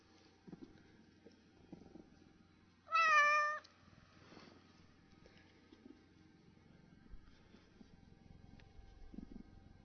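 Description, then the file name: Tabby cat uttering a single short, bright meow with a slight wavering pitch, surrounded by faint clicks and soft background noise. Tabby cat, described as upset. "torre upset tabby cat"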